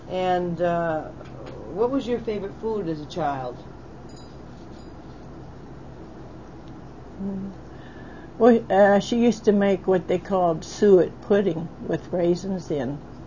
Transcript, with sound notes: And what was your favorite food as a child? (ringing sound)
She used to make what they called suet pudding with raisins in